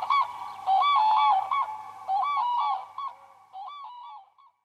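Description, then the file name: Common crane calls, loud trumpeting rolling notes given in several bursts, then fading out. "sookurg"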